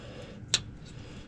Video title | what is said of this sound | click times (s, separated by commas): My 2000 Mustang GT/ clutch cable replacement | there heard it click | 0.5 s